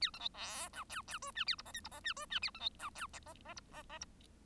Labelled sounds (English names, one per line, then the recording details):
Bengalese Finch song
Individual Bird1